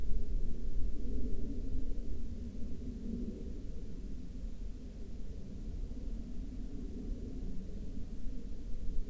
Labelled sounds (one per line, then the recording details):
aircraft
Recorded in the Prudhoe Bay oil fields, Alaska, on 31 July 2019 at 12:54
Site 13